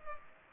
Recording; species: mosquito wingbeat signal from an infrared sensor; Culex pipiens